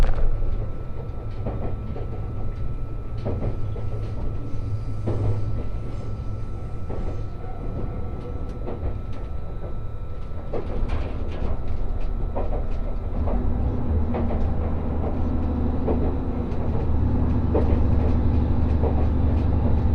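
Resort Shirakami No. 4 runs along the Sea of Japan coast from Ajigasawa, a steady low rumble of the train rolling on with frequent clicks and knocks from the rails. The drone deepens and grows heavier after about fourteen seconds, with a faint steady tone throughout.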